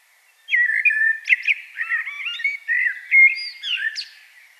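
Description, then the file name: Common blackbird song: a continuous, rich fluted warble of varied whistled notes, broken by sharp high squeaks and ending in a thin twitter. "Turdus merula"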